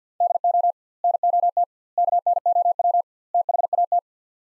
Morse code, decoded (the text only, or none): DO NOT KNOW THAT